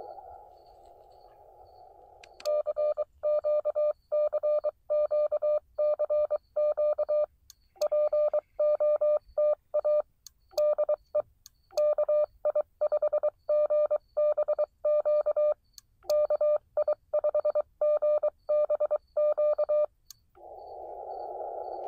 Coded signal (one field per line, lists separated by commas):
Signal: Morse code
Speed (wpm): 23 wpm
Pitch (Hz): 590 Hz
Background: none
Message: CQ CQ CQ POTA DE KI5GBQ KI5GBQ